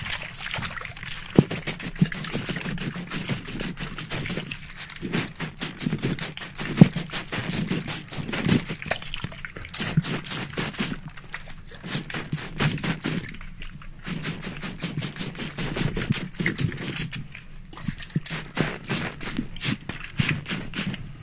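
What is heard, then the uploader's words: A barbershop spray bottle hisses in rapid, dense bursts of bright mist, nearly continuous across the clip, with brief pauses around 4, 9 and 14 seconds. Ultra Fast RAW Barbershop SPRAY Bottle Sounds.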